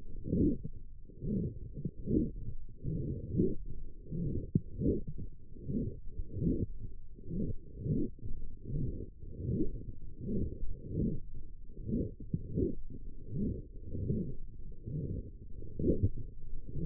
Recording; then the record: forearm muscle sounds (acoustic myography)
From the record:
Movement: forearm supination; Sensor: system 1, eight BSWA MPA416 microphones around the upper forearm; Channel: 3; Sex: male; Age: 21 years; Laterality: right